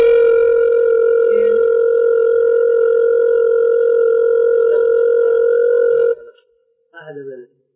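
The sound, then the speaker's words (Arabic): A steady, loud telephone tone hums continuously for about six seconds after a call is hung up, then cuts off abruptly, followed by a brief burst of muffled voice. “هيك لقيت طفى الصوت، رد يطلبنا، رد من رد، ما حدا برد، وهكذا.”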